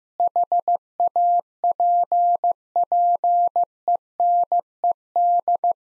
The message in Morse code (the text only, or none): HAPPENED